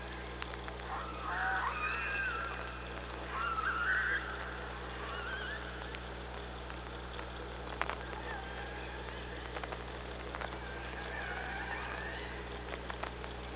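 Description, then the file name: Orca calls, a few wavering harmonic squeals early on, then fainter calls with scattered clicks over a continuous low underwater hum. OrcaLab underwater hydrophone, 24 August 2017 at 05:29. "Orca Lab UTLN JASON 20170824 052923"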